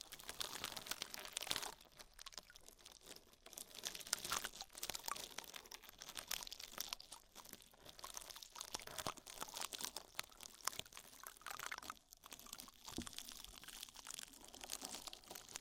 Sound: Oil, Foam and Tingly Ear Massage